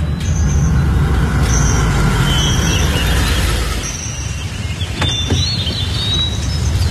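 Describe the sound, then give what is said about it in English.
A car pulls up at a house driveway: its engine rumbles low and steady with intermittent high-pitched whines, then the engine note drops and a sharp clunk like a car door shutting cuts through. No voices. “me and Sam pulled up about the same time”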